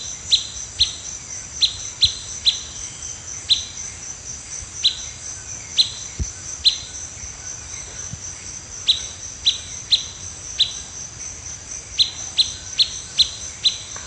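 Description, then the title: Blackish pewee calling with many short, sharp high pips, single or in quick pairs and runs, throughout, against constant high-pitched insect buzzing. Subspecies canescens. "LuckyPassaro Completos2Sama. Blackish Pewee (Contopus nigrescens canescens)"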